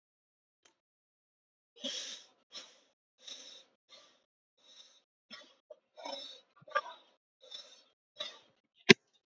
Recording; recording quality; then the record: shallow breathing; excellent, no background noise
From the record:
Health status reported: COVID-19 positive, mild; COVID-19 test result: positive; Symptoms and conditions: cough, breathing difficulty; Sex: female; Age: 60 years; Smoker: not ticked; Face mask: not worn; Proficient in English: yes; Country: India